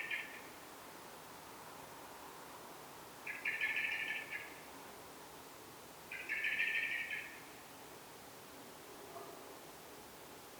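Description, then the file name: Eurasian blackbird calling in repeated harsh rattling bursts, roughly every three seconds, with faint softer notes near the end. "Turdus merula"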